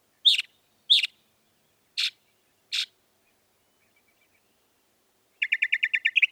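Northern mockingbird singing four separate harsh notes, followed after a pause by a rapid rattling run of short notes.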